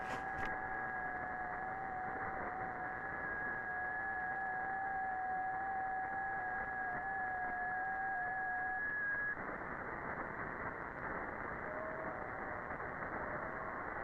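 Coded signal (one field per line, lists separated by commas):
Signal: FT8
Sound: two faint steady warbling tones over hiss, stopping after about nine seconds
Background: radio static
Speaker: so this is w 9 ly demonstrating the ft 8 arm client from k 1 JT say new protocol between t 9 a.m. and K 1 JT that runs in 15 second windows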